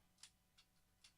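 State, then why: Seated. A plastic brick piece is lined up on a stud of a brick model, pressed in, and then snapped on top. Sharp clicks are heard at 0.2 s and 1.1 s, with a fainter tick around 0.6 s, over a low steady background. The piece seats and snaps into place.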